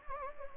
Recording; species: mosquito wingbeat signal from an infrared sensor; Anopheles gambiae